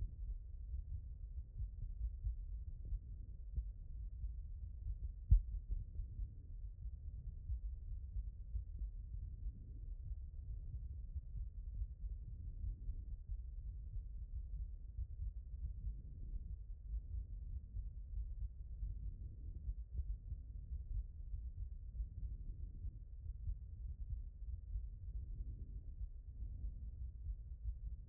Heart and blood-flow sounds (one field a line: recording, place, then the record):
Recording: heart sounds by stethoscope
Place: mitral valve (MV)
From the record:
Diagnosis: HFrEF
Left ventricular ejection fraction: 30%